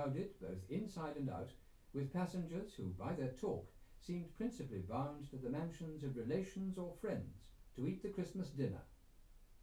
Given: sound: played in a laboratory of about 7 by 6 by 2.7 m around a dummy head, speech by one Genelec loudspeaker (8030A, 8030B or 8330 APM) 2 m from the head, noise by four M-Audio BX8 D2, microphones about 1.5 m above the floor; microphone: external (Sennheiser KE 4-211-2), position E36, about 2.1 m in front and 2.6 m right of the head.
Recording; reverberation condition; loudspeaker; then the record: male speech in English; low; 30 degrees to the right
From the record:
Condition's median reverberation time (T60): about 310 ms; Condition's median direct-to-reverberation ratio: about 3.5 dB